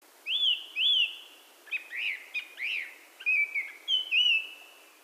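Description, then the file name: Japanese thrush singing clear whistled notes in short phrases, some sliding up and down, others quick and clipped, running for about four seconds. "kurotsu"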